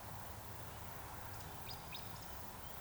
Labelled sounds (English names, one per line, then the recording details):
Eurasian Woodcock whistle
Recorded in Baden-Württemberg, Germany, on 26 June 2021 at 19:53 UTC
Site 45499, 200 m above sea level